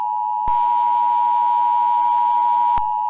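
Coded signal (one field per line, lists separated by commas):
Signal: Emergency Alert System (SAME) tones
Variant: 853 and 960 Hz attention tone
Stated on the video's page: Fictional emergency alert scenario with a glitch theme.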